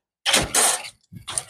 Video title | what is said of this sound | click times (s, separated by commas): Webinar Protecciones Eléctricas Caja Moldeada y Corte en Aire - 21/03/2025 | voy a escuchar un click y con ayuda nuevamente de la llave manivela | 1.4 s